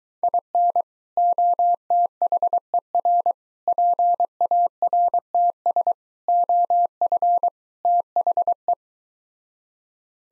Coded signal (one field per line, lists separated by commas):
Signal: Morse code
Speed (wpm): 23 wpm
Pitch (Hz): 700 Hz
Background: none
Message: IN OTHER PARTS OF THE